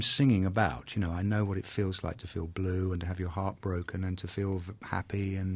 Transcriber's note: none